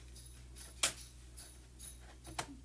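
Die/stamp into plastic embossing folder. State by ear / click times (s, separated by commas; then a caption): seated / 0.8 s. An inked stamp from the Stampin' Up! Detailed Dogwood Stamp Set is fitted into a plastic embossing folder and snaps into place with a sharp click at 0.8 s, followed by a smaller tick at 2.4 s. Quiet handling rustles fill the rest of the clip, and the stamp is confirmed seated in the folder.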